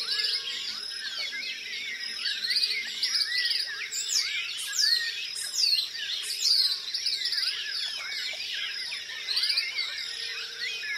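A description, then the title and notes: A dense bird chorus fills the scene outdoors, with many overlapping chirps, trills and quick rising and falling whistles from several birds at once. Calls run continuously throughout, with sharper, brighter notes stacking up around the middle. A faint low hum sits underneath. Nature and wildlife sounds recorded in Mexico. The soundscapes are incredibly lush and beautiful in Mexico's Yucatan peninsula. The dry forests on the border with Guatemala are home to immense biodiversity.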